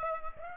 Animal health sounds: mosquito wingbeat signal from an infrared sensor; Aedes aegypti

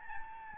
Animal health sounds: mosquito wingbeat signal from an infrared sensor; Aedes albopictus

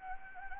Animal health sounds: mosquito wingbeat signal from an infrared sensor; Anopheles gambiae

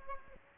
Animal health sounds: mosquito wingbeat signal from an infrared sensor; Aedes aegypti

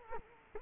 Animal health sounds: mosquito wingbeat signal from an infrared sensor; Culex quinquefasciatus

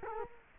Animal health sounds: mosquito wingbeat signal from an infrared sensor; Culex quinquefasciatus

